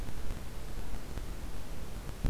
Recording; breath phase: one breath near a microphone; inhalation